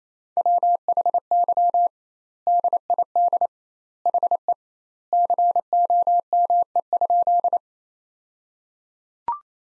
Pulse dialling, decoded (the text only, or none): none